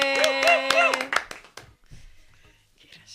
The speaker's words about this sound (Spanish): ¡Ay, aplauso, aplauso!